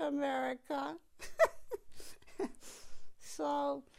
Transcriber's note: she laughs